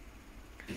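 The metal arm of the folding mechanism in an IKEA Nyhamn sofa-bed frame is pushed to the end of its travel. A single short, sharp click at 0.6 s marks the arm snapping into place. A louder low rumble follows toward the end.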